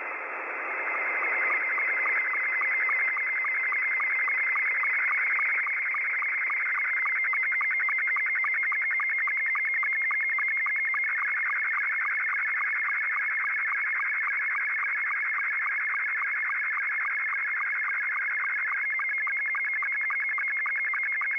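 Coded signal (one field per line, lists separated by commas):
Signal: SSTV (slow-scan television)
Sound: steady warbling, scratchy tones with a fast regular ticking pulse throughout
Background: radio static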